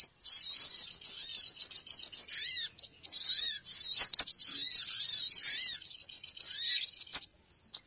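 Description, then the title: Busy bird chorus of sharp, high chips and twitters, packed closely with repeated curved whistles underneath, ending in a short pause and a final chirp. Noisy bird lure sounds for attracting birds, said to draw many birds in soon after they start. "Baru Diputar Dah Banyak Merapat! Suara Pikat Burung Ribut"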